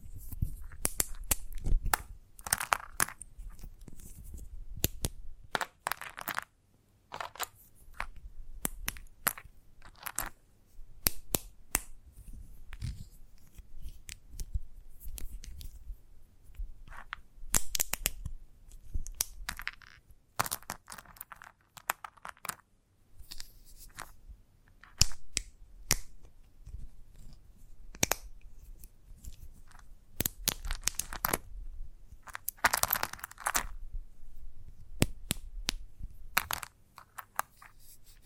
Chalk Sounds Tapping, Scratching, Carving